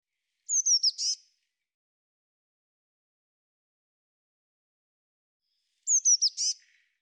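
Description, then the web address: Eurasian blue tit calls twice, each a quick run of thin, high, descending notes ending in a short buzzy rattle, about five seconds apart, with silence between. "cianscape birddata Deverinetal 2025 File cleaned normalized Bird Cy Ca"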